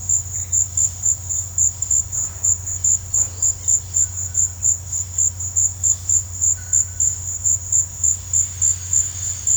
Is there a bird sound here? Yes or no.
no